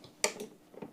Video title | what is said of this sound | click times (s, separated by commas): System Build 27 - Build With Brian - Intel 12th Generation - (2024) | it's kind of hard to hear the click but it clicks in | 0.2 s